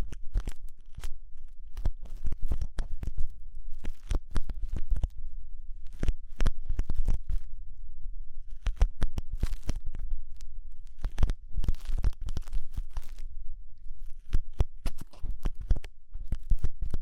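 Ear cleaning sounds with rhinestone and clay removal: dense, irregular bursts of crackling, scraping and tearing textures packed throughout, sharp bright clicks cutting through. A steady low rumble sits underneath, with brief quieter gaps near 1, 5 and 8 seconds.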